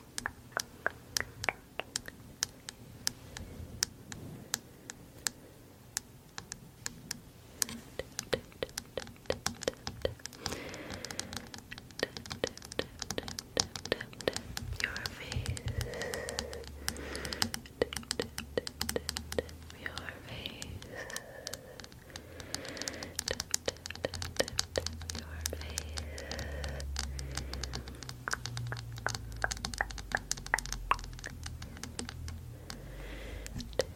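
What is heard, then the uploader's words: Tongue clicking triggers: dense, sharp wet clicks come in quick irregular bursts. The clicks are bright and crisp, with short pauses between flurries. Soft low hum and mouth sounds sit underneath, growing a bit fuller after the midpoint. ASMR Relaxing Personal Attention Tongue Clicking triggers for sleep.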